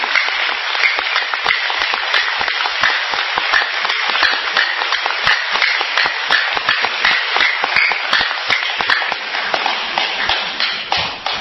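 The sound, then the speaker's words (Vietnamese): Sustained applause from Buddhist followers at the Bát Nhã practice hall, a dense steady patter of many hands clapping at once for about eleven seconds, loud and even with no voices over it. “Dạ, quý vị qua và quý vị nào đó từng đi hội niệm trong đạo tràng Bát Nhã đứng lên để nhận một tràng pháo tay tán thưởng vui phật tử.”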